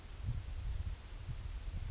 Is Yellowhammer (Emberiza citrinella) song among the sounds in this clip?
no